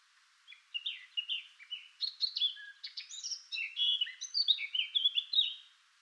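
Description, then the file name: Eurasian blackcap song, a single lively phrase of jumbled chirps and short whistles lasting about five seconds. "Sylvia atricapilla"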